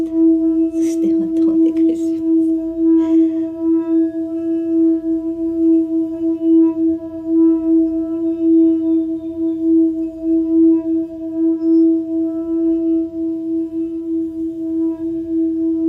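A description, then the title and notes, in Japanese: A singing bowl rings with a steady, sustained tone and a few higher overtones, after brief clinking strikes in the first three seconds. メキシコから シンギングボウルのサウンドヒーリング ライブ。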